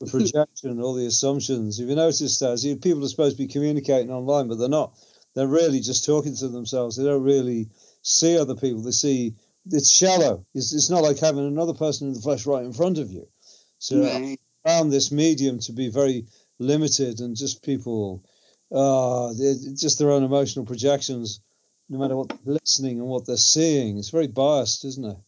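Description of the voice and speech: One adult man talks in fluent conversational speech with steady voicing, brief pauses and an occasional drawn-out filler.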